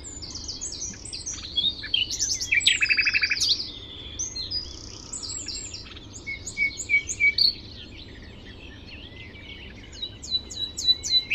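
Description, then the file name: Common nightingale song with high whistled notes, a harsh buzzy burst and repeated chirps in short bursts, separated by quieter gaps. "Luscinia megarhynchos"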